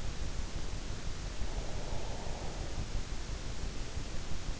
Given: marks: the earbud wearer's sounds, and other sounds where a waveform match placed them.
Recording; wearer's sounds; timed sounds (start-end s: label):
sounds in sleep by an in-ear microphone; breath
1.40-3.17 s: breath